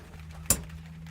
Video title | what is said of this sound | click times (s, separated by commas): Dodge Ram 3500 in Tank Fuel Pump Replacement - How to Fix the Fuel Pump Problem | hear that click so now i know it's it's good and solid and you can tug back on it | 0.5 s